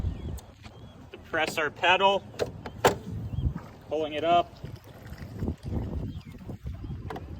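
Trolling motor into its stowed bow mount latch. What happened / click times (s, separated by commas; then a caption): Trolling motor mount handled, not yet latched into its stowed position / none. A trolling motor is being pulled up toward its stowed position on its bow mount while the pedal is pressed, and someone talks over brief knocks and handling noises. The clip ends before the mount latches, so nothing has clicked or seated yet.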